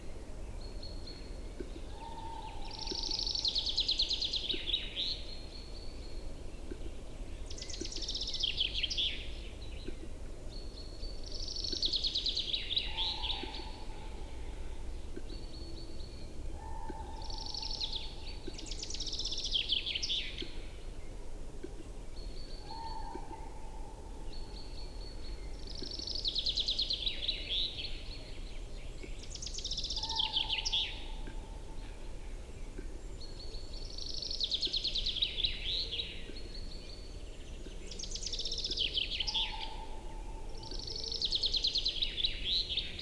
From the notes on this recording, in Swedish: en spelande tjädertupp